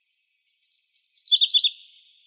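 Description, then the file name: MacGillivray's warbler giving one brisk song, a chattering run of high buzzy notes that falls into lower, slurred notes at the end, with a quiet background. Recorded in Arizona on 17 May 2006. "MGWA 3 deviche"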